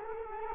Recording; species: mosquito wingbeat signal from an infrared sensor; Culex quinquefasciatus